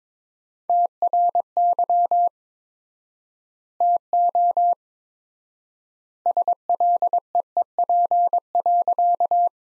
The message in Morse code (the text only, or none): TRY TO SLEEP.